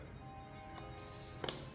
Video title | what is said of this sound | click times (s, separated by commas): 2025 NISSAN KICKS (2.0L MR20DD) Replace Spark Plugs and Coils | Okay, go ahead, slide it into place and listen for the click. | 1.5 s